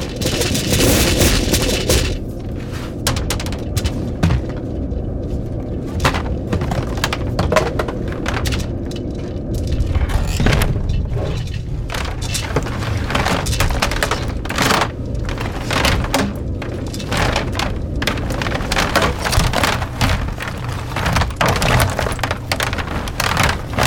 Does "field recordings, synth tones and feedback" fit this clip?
yes